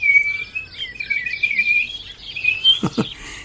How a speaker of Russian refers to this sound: Слышите? Это синичка. Да.